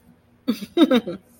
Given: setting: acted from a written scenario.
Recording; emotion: vocal sound without words; amusement